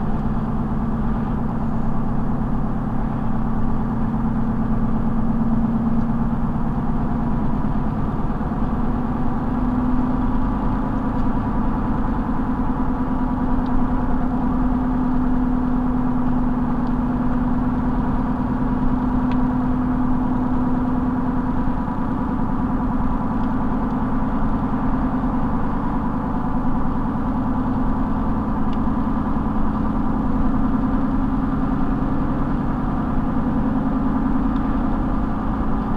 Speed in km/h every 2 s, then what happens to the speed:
76, 77, 76, 79, 84, 87, 85, 87, 84, 85, 85, 87, 87, 87, 89, 90, 90, 92.
4-10 speeds up to 87. 10-36 steady at about 87.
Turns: none.